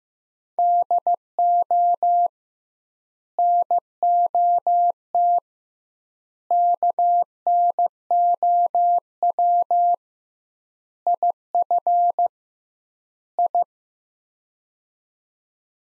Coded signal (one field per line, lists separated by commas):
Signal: Morse code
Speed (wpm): 16 wpm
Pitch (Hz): 700 Hz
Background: none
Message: DO NOT KNOW IF I